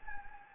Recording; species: mosquito wingbeat signal from an infrared sensor; Anopheles gambiae